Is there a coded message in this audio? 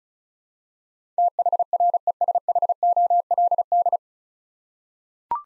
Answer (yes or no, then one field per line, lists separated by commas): yes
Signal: Morse code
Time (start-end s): 1.2-4.0 s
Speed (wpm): 34 wpm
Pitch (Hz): 700 Hz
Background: none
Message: THRESHOLD